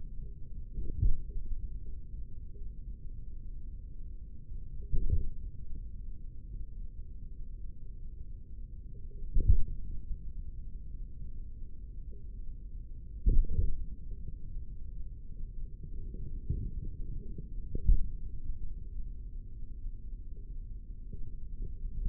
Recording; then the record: forearm muscle sounds (acoustic myography)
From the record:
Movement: tripod grip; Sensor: system 3, bracelet of six PUI Audio POM-2738L microphones around the upper forearm, with dedicated amplification and filtering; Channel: 5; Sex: male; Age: 56 years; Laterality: right